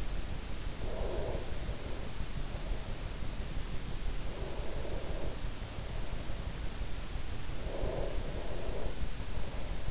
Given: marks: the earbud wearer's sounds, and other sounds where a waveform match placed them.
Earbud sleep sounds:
sounds in sleep by an in-ear microphone; breath
0.00-2.91 s: breath
3.37-6.17 s: breath
6.97-9.71 s: breath

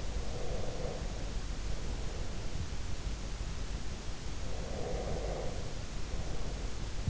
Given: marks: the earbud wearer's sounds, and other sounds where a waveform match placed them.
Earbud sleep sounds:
sounds in sleep by an in-ear microphone; breath
0.02-2.75 s: breath
4.57-7.10 s: breath

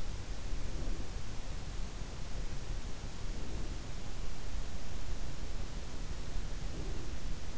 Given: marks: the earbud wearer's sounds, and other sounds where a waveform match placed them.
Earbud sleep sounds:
sounds in sleep by an in-ear microphone; breath
0.26-1.51 s: breath
2.98-4.23 s: breath
6.32-7.44 s: breath

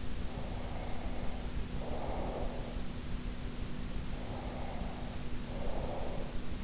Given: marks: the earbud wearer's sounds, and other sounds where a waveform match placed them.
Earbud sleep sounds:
sounds in sleep by an in-ear microphone; breath
0.21-2.82 s: breath
4.10-6.38 s: breath

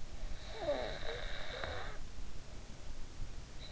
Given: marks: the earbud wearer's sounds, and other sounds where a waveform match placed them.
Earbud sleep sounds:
sounds in sleep by an in-ear microphone; breath
0.41-3.42 s: breath

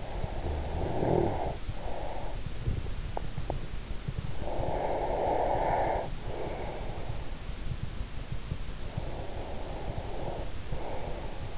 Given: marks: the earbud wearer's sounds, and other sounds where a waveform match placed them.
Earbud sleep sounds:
sounds in sleep by an in-ear microphone; snoring breath, body movement, breath
0.00-2.40 s: snoring breath
2.63-4.33 s: body movement
4.39-7.33 s: breath
8.87-11.58 s: breath

